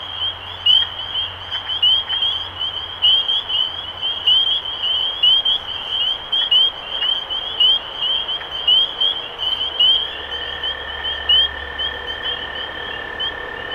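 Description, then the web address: Spring peepers in full chorus, sharp rising peeps repeated over a continuous high drone; a steady lower whistle-like tone joins in the final seconds. Recorded 23 March 2012. "rob animals Peepers-2012-0323"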